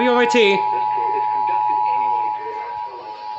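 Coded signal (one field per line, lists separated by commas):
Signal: Emergency Alert System (SAME) tones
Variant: 853 and 960 Hz attention tone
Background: speech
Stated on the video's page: GSP tornado drill and test EAS alerts; valid EAS tones.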